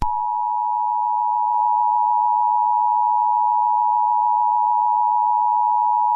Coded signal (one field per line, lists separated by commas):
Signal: Emergency Alert System (SAME) tones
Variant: 853 and 960 Hz attention tone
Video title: EAS Scenario 1:Silent Night (do not play this over the air or you will get a copyright strike.)